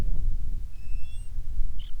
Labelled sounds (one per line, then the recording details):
bird
wind
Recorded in the Prudhoe Bay oil fields, Alaska, on 10 July 2019 at 09:27
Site 11